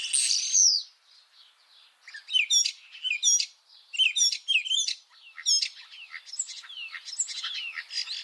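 Common starling song opens with a hissing burst, then a varied run of squeaky slurred whistles and clicks tumbling together.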